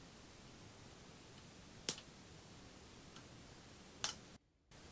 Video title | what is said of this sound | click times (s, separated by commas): Raz Pro Tail Light Review | then you just attach a light and twist it until you hear it click and | 1.9 s, 4.0 s